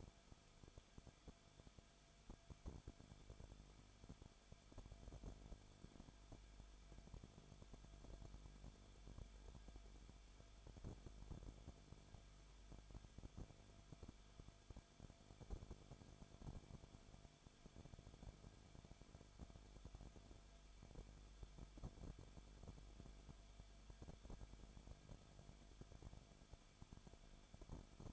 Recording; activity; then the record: daily activity, microphone in the room; no activity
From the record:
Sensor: 5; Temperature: 20.4 degrees Celsius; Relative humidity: 39.7%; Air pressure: 1010.8 hPa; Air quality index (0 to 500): 166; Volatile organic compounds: 15 ppm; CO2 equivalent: 2504 ppm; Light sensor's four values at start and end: 2/3/1/1 and 2/3/1/1